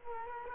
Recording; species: mosquito wingbeat signal from an infrared sensor; Culex quinquefasciatus